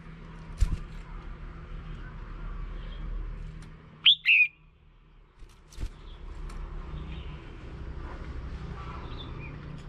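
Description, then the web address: Red-whiskered bulbul giving a single clear whistled double note over a steady low hum and soft background noise. Female bird. "tieng chao mao mai. tieng dong vat"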